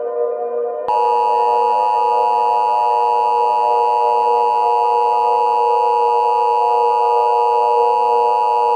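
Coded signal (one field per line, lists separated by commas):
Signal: Emergency Alert System (SAME) tones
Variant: 853 and 960 Hz attention tone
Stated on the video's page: Fictional EAS scenario made with EAS tools, not a real alert.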